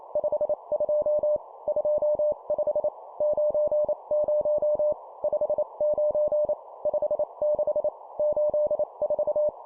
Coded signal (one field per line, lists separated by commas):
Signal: Morse code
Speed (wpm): 28 wpm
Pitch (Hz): 600 Hz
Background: none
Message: 52 25 90 59 56 84